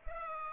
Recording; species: mosquito wingbeat signal from an infrared sensor; Culex pipiens